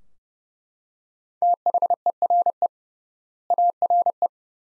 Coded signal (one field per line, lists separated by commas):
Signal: Morse code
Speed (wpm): 30 wpm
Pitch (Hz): 700 Hz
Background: none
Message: THERE ARE